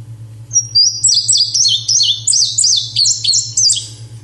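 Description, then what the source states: Indigo Bunting song: a bright, bouncy run of many high paired notes sweeping up and down, with a low steady hum underneath. Bouncy, lively song with paired notes, rendered as 'what, where, see it' or 'help, quick, fire'; sings in all types of weather in summer.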